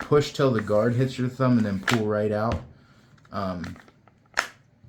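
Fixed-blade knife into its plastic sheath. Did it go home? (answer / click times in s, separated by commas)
yes / 4.4 s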